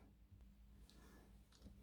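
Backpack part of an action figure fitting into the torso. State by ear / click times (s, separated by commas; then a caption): not seated / none. A plastic action figure is being transformed, and its backpack part is worked into its slot in the torso. Faint plastic handling ticks are heard near 0.9 s and 1.8 s over a low steady hum. The part is not home yet, and nothing has seated or clicked.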